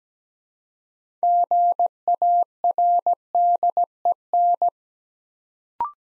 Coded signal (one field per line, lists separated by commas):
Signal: Morse code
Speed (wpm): 17 wpm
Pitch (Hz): 700 Hz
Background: none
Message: GARDEN